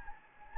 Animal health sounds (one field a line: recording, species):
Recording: mosquito wingbeat signal from an infrared sensor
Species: Anopheles gambiae